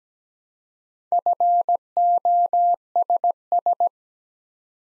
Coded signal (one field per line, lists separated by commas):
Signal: Morse code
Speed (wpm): 17 wpm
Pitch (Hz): 700 Hz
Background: none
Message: FOSS